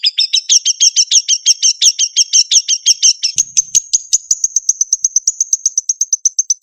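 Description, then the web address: Long-tailed shrike song with a rapid stuttering run of paired notes, shifting into a thinner, higher series of quick repeated ticks. Masteran (training) recording of the song, featuring varied fill-in phrases (variasi isian). "cendet variasi isian. masteran cendet"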